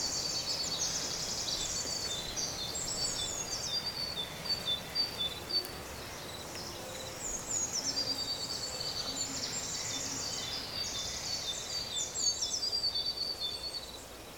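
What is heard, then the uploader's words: Birds sing steadily throughout, with high, bright chirps and trills overlapping in a dense outdoor chorus. Several birds seem to call at once, over a soft, constant background hush. The singing thins slightly around the middle before picking up again. Calming Bird Sounds.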